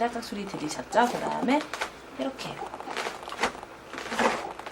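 Someone talks while handling the grey adjustment button just inside the head support of a child car seat, whose headrest has six height positions. A few short sharp sounds occur near the end. Nothing has seated or clicked into position yet.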